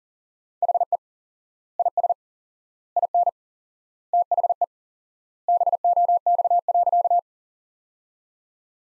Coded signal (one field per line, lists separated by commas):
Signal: Morse code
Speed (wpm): 40 wpm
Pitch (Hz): 700 Hz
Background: none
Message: HE IS IN THE BOX.